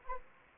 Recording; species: mosquito wingbeat signal from an infrared sensor; Anopheles arabiensis